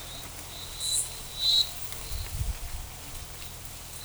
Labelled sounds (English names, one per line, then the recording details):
none
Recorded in forest near Pivijay, Magdalena, Colombia, on 17 April 2023 at 12:30
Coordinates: 10.467, -74.380
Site Z5-G034